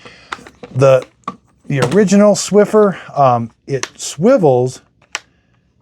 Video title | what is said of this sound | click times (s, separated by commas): Swiffer Sweeper ORIGINAL vs DELUXE Which Mop REALLY Cleans Better | Now it only clicks into the 90 this way. | 0.3 s